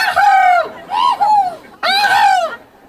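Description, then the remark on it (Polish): At a championship of imitating birds living in Poland, a person imitates a mute swan with three loud, nasal, strained calls, each rising and falling in pitch, separated by brief pauses and heard without other voices. “Przygotowaliśmy łabędzia niemego.”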